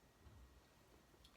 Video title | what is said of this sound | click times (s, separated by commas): Porte Bébé: Physiocarrier de "Je porte mon Bébé" (Love Radius) - Revue Produit pour Maman | Ça, c'est clipsé, ça lui tient sa tête. | 1.2 s